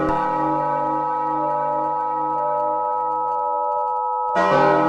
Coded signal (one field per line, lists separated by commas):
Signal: Emergency Alert System (SAME) tones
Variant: 853 and 960 Hz attention tone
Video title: EAS Mini Scenario: Twosday: Based off of @LoveEAS919 EAS Scenario